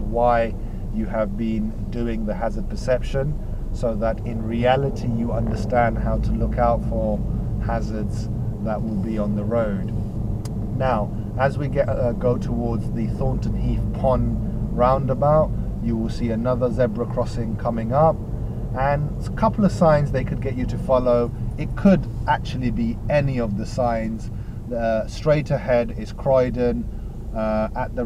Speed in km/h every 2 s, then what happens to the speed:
6, 10, 13, 13, 13, 11, 15, 11, 11, 11, 10, 8, 5, 3.
0-4 speeds up to 13. 4-12 steady at about 13. 12-28 slows to 3.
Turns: none.